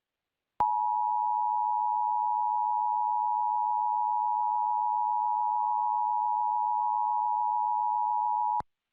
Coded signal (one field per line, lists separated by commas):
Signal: Emergency Alert System (SAME) tones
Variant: 853 and 960 Hz attention tone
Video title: Pennsylvania RMT for February 2023 [EAS #185-194]